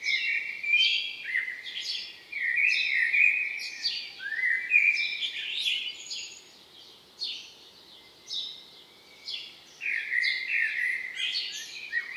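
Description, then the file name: Common blackbird giving a long run of sliding notes and scratchy high twitters, broken by short pauses. "Turdus merula"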